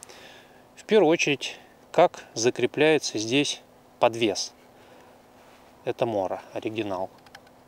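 A plastic belt hanger mount is being handled against the original Mora Garberg knife sheath it snaps onto. Someone talks throughout, with a few faint handling ticks. Nothing has seated or clicked yet.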